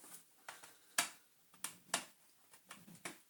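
A small screwdriver pushes the other side of a replacement plastic wheel into the sole plate of a Dyson DC14 vacuum cleaner. A series of sharp plastic clicks and taps is heard, with the loudest snaps at 1.0 s and 1.9 s. The wheel seats in place.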